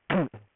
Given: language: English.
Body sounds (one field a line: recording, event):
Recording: throat vibration sensor signal played as sound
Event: throat clearing